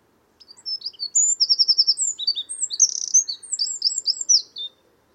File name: Troglodytes troglodytes